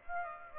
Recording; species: mosquito wingbeat signal from an infrared sensor; Aedes aegypti